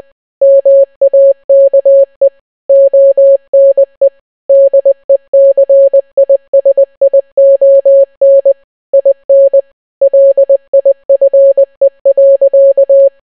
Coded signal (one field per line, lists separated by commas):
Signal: Morse code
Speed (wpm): 20 wpm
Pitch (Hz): 550 Hz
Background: none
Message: MAKE ONE DECISION IN LIFE.